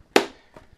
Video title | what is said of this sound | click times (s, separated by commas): How to replace your LAPTOP KEYBOARD, touchpad, and fingerprint sensor | click there click there there there just kind of press all around | 0.2 s, 0.6 s